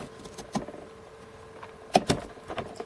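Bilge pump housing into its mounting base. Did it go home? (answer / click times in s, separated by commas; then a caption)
yes / 2.0 s. A plastic bilge pump body is pushed down onto the red base screwed to the bottom of a boat, and its two side fingers snap into place to hold the pump down in rough weather. Faint ticks come first, then a sharp snap at 2.0 s with a second strong click just after at 2.1 s. The pump housing is seated in its mounting base.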